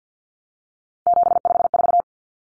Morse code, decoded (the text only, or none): 754